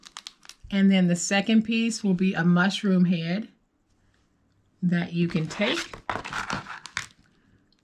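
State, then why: Seated. A metal mushroom-head cap of a snap fastener is pressed by hand onto the prong piece that has been pushed through a paper envelope, while someone talks. After some paper crinkling, a sharp snap at 7.0 s marks the cap seating onto the prong, before it is hammered set.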